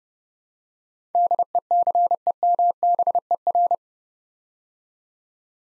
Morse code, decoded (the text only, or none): DECEMBER